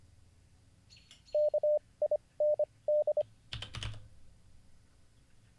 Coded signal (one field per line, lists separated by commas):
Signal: Morse code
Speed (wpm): 26 wpm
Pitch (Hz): 600 Hz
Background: none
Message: KIND